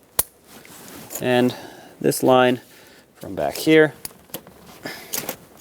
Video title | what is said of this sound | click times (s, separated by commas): How to Replace Intake Manifold 1999-2016 Ford E-350 (5.4L V8) | Make sure it clicks. | 0.2 s